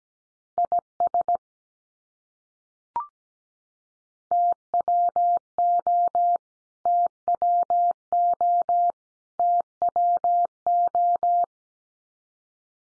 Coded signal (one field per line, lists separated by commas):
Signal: Morse code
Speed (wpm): 17 wpm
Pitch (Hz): 700 Hz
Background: none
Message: IS TWO TWO TWO